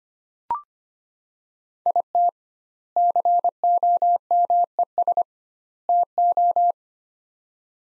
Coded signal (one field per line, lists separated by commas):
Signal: Morse code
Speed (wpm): 25 wpm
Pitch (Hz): 700 Hz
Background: none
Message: IT COMES TO